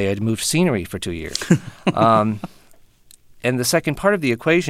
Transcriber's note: soundbite of laughter